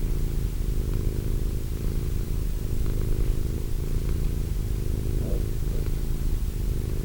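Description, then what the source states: Cat purring, a steady low rumble running throughout with no meows, a few faint brief higher sounds near the end. Cat named Wilson.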